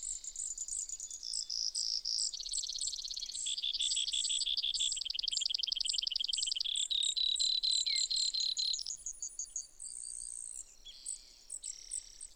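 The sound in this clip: Brewer's sparrow song: a long chain of fast, high trills shifting between pitches, some buzzy, running for about nine seconds before breaking into short high notes.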